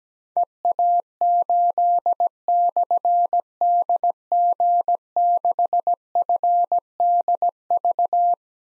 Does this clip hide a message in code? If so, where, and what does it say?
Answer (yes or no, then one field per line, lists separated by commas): yes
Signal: Morse code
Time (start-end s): 0.4-8.3 s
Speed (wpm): 17 wpm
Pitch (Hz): 700 Hz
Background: none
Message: EA8/DG6FDV